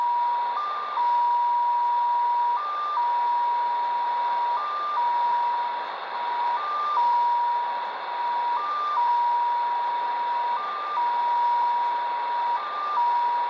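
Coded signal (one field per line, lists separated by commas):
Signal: numbers station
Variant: XPA2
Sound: steady mid tone with a brief higher blip every two seconds, seven times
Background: radio static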